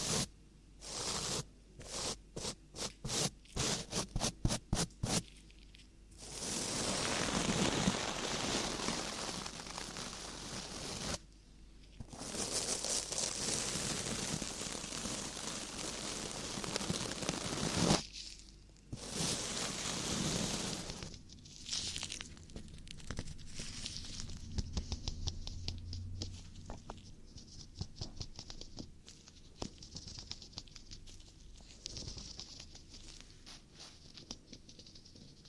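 Ear cleaning sounds, opening with a quick run of crisp taps and clicks during the first six seconds. Long stretches of dense, bright scratching and rubbing follow, broken by short silences near 11 and 18 seconds, then give way to softer crackling and fine scraping.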